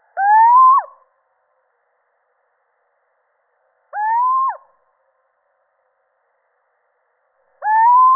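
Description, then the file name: Little owl repeating a rising, slightly nasal whistled hoot three times at steady intervals of about three and a half seconds, each note ending with a downward flick. Male. "Sycek obecny samec"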